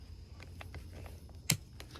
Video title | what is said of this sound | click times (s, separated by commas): IF YOU OWN THIS‼️ STOP USING IMMEDIATELY DEADLY FLAW‼️ | till it clicks | 1.5 s